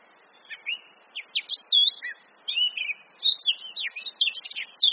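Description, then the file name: Eurasian blackcap warble: a quick jumble of varied chirps and slurred whistled notes, building into denser bursts toward the end. "Sylvia atricapilla"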